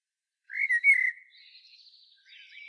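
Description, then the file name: Common blackbird song: a loud, rich whistled phrase, followed by a trailing squeaky high twitter. "Turdus merula"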